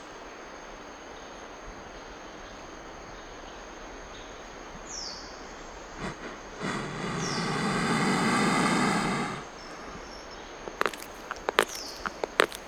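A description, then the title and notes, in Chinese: Jungle ambience: a steady hiss with a thin, high insect whine running throughout, and short bright calls sliding downward at about 5, 7 and 12 seconds. From roughly 6.5 to 9.5 seconds a louder rushing rumble swells and fades, followed by sharp clicks and snaps near the end. 丛林里的声音_来自于洪都拉斯李奥普拉若生态自然保护区。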